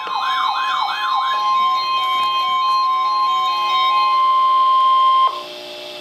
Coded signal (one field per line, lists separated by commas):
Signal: Emergency Alert System (SAME) tones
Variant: 1050 Hz attention tone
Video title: Special Marine Warning (EAS #779)